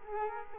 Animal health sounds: mosquito wingbeat signal from an infrared sensor; Culex quinquefasciatus

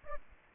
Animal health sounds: mosquito wingbeat signal from an infrared sensor; Aedes aegypti

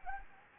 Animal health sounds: mosquito wingbeat signal from an infrared sensor; Anopheles gambiae

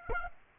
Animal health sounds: mosquito wingbeat signal from an infrared sensor; Aedes aegypti

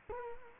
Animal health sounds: mosquito wingbeat signal from an infrared sensor; Culex quinquefasciatus

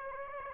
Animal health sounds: mosquito wingbeat signal from an infrared sensor; Aedes aegypti

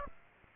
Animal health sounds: mosquito wingbeat signal from an infrared sensor; Aedes aegypti

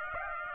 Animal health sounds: mosquito wingbeat signal from an infrared sensor; Aedes aegypti

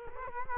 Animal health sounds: mosquito wingbeat signal from an infrared sensor; Culex quinquefasciatus

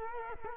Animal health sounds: mosquito wingbeat signal from an infrared sensor; Culex quinquefasciatus

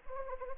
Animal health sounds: mosquito wingbeat signal from an infrared sensor; Anopheles arabiensis

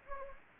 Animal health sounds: mosquito wingbeat signal from an infrared sensor; Anopheles gambiae

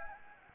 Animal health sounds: mosquito wingbeat signal from an infrared sensor; Anopheles gambiae

